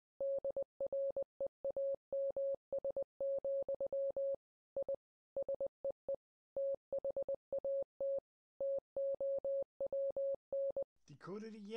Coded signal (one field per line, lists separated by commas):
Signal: Morse code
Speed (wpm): 20 wpm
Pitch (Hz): 550 Hz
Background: speech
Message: DREAMS, I SEE THAT TOWN